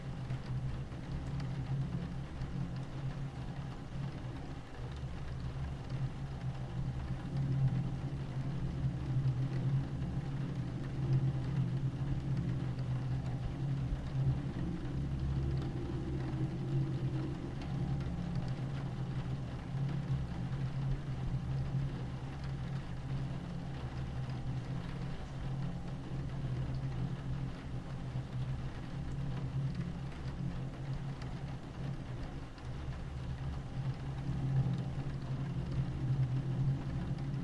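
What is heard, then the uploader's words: The lighthouse light turns with a steady, low mechanical whirr that holds an even level throughout. A deep, dense hum sits underneath, with a faint airy hiss above it and no distinct events breaking the drone. The sound of the light turning.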